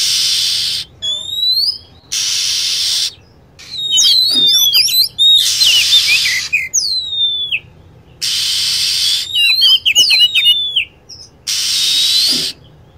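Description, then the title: Lovebird calls as sharp high chirps and sweeping whistled notes in quick clusters, alternating with several long blocks of loud hiss. Lovebird calls used as a lure to attract birds. "PIKAT BURUNG LOVEBIRD"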